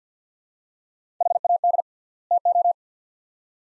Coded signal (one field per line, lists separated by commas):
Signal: Morse code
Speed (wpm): 50 wpm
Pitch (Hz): 700 Hz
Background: none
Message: HAD TO